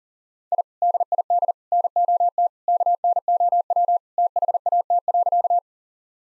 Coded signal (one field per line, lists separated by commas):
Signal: Morse code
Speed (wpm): 40 wpm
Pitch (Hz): 700 Hz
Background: none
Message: I DID NOT KNOW THAT.